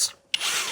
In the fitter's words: it stripped the screw head that time